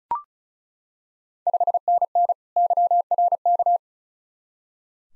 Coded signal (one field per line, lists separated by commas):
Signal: Morse code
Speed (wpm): 36 wpm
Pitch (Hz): 700 Hz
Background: none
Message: 5NN YRK